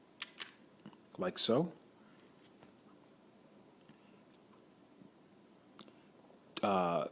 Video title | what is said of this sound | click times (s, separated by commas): Disassemble/Reassemble Glock 17 | you'll hear a an audible click like | 0.2 s, 0.4 s